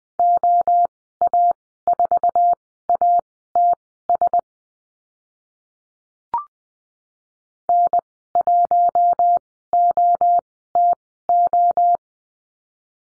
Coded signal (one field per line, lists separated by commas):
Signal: Morse code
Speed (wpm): 20 wpm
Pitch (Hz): 700 Hz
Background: none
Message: OA4ATS N1OTO